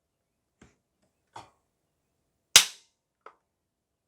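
A chisel is pried under the plastic housing section of a gel blaster body and lifted until the molded snaps break off. A few faint taps and scrapes are followed by one loud, sharp snap at 2.6 s and a small tick after it. The housing snap fit pops apart and the section is released.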